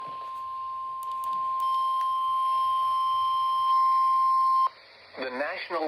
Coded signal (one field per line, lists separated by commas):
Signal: Emergency Alert System (SAME) tones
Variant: 1050 Hz attention tone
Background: speech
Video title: EAS #1157 Severe Thunderstorm Warning